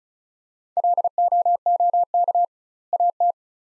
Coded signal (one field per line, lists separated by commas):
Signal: Morse code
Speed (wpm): 36 wpm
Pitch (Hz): 700 Hz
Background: none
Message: LOOK AT